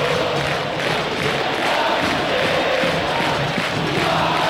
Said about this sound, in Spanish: ¡Qué alegría, por Dios! ¡Qué manera de gritar! ¡Qué manera de festejar! ¡Qué manera de alentar! ¡Escuchen!